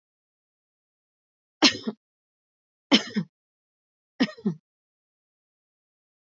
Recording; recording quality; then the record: shallow voluntary cough; excellent, no background noise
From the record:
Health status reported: exposed to COVID-19, no respiratory illness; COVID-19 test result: negative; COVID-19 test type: RT-PCR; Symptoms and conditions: sore throat, another condition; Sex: female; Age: 37 years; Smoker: no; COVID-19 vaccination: both doses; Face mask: not worn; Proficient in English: yes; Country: India